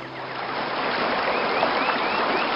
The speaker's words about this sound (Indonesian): ternyata benar kata Hasan, arusnya deras sekali